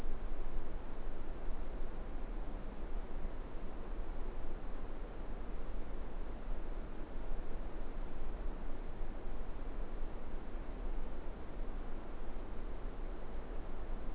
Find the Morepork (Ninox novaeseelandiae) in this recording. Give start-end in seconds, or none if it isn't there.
none